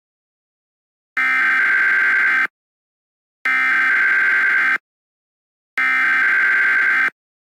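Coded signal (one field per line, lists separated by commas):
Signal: Emergency Alert System (SAME) tones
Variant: header bursts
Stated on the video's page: Fictional EAS scenario.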